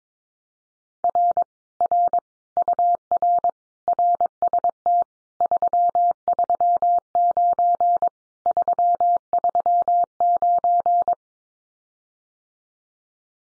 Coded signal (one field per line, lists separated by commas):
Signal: Morse code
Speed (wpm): 22 wpm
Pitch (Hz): 700 Hz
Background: none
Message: R R UR RST 339 339